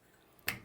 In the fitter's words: it snaps into place.